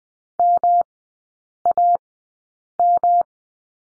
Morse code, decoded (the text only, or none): MAM